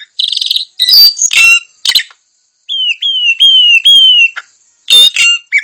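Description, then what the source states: Puff-throated babbler song: buzzy chatter, then four clear whistled notes of similar pitch, each sliding slightly down, followed by more harsh chirps. Song style described in Indonesian as gacor dor.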